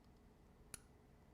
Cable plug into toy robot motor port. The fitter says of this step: the opposite end of your cable you're gonna insert that into your motor and you should hear a click